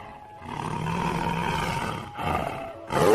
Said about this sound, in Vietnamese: Đột nhiên, đỉnh núi phía trước chấn động, rừng rậm run run, truyền ra tiếng thú gào kinh người.